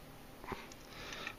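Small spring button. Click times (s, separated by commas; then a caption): 1.3 s. A magazine release button is pressed into the frame of a Hi-Point C9 pistol while the two frame halves are held together. After a soft handling rustle near 0.4 seconds and a faint tick at 0.7 seconds, a sharp click at 1.3 seconds marks the button snapping into place. It is seated.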